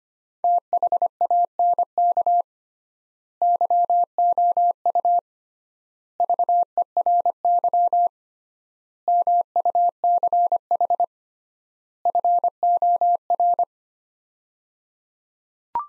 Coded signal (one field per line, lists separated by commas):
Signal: Morse code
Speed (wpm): 25 wpm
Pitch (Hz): 700 Hz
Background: none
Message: THANK YOU VERY MUCH FOR